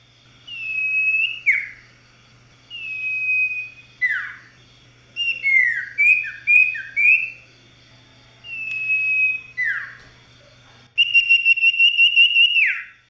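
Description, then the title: Oriental magpie-robin singing varied whistled phrases, sustained tones sliding sharply downward, quick slurred notes, and a final trembling sustained note falling off at the end, with a soft steady hum underneath. "Kicau Kacer"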